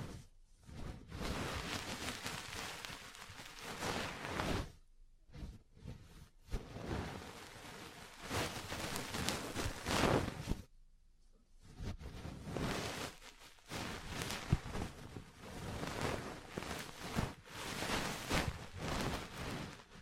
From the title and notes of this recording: ASMR 3Dio Mic Test Ear Cleaning, Massage, Cupping, Tapping (No Talking).